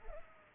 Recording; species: mosquito wingbeat signal from an infrared sensor; Culex pipiens